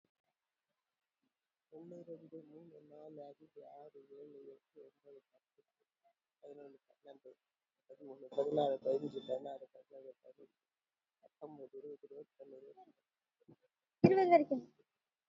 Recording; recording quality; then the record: counting at a normal pace; excellent, no background noise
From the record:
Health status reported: healthy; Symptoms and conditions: hypertension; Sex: female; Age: 73 years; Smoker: no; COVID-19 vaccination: one dose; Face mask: not worn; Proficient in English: no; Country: India